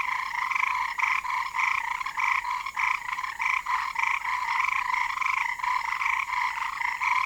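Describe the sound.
Sakishima rice frog calling in rapid pulsed croaks, short rattling bursts repeated many times.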